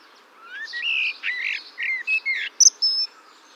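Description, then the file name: Eurasian blackbird song: a rising whistled opening, several rich warbled notes, then two sharp high squeaks and a thin whistle to close. "Turdus merula"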